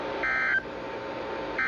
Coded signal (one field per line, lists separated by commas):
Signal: Emergency Alert System (SAME) tones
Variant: end-of-message bursts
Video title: EAS- VEF NWR Required Weekly Test on WXL36/ WNG634 for 7/23